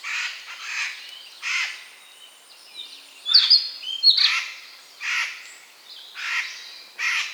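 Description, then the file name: Eurasian jay giving harsh, rasping screeches, several broad bursts spaced unevenly, with brief high whistled notes midway. "Garrulus glandarius"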